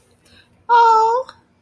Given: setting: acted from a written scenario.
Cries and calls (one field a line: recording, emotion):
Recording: vocal sound without words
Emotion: adoration